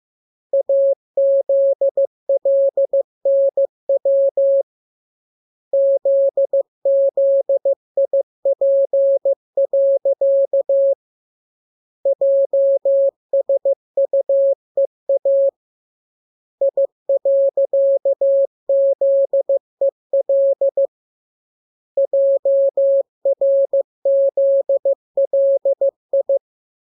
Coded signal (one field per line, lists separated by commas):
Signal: Morse code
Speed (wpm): 15 wpm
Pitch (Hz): 550 Hz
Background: none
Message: AZLNW ZZIP. JSUEA I.ZEL JRZLI